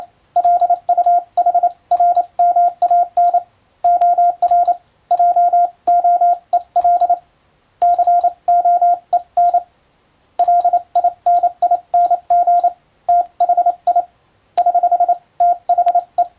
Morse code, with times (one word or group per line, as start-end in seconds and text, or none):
0.4-3.4 LUHRMAN
3.8-4.7 OR
5.1-7.1 JOEL
7.8-9.6 COEN
10.4-12.7 LINING
13.1-14.0 THI
14.6-15.1 <HH>
15.4-16.2 THE